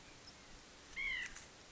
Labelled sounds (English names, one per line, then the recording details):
White-breasted Nuthatch
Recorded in Sonoma County, California